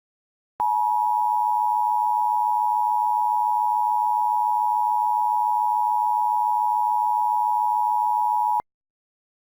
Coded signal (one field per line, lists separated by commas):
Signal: Emergency Alert System (SAME) tones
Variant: 853 and 960 Hz attention tone